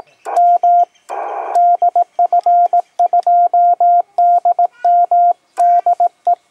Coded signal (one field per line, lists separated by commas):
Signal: Morse code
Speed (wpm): 20 wpm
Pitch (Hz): 700 Hz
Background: radio noise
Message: M DF2DM DE